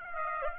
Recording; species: mosquito wingbeat signal from an infrared sensor; Aedes aegypti